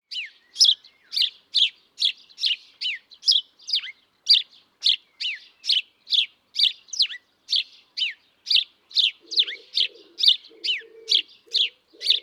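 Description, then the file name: House sparrow giving rapid, insistent chirps, over twenty in a row, some sliding downward; soft low sounds join near the end. "Passer domesticus"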